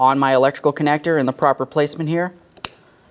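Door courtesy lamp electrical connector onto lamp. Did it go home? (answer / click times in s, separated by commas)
yes / 2.6 s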